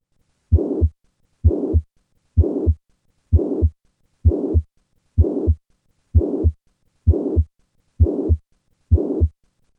With the increase in afterload brought on by squatting, the murmur of mitral regurgitation increases.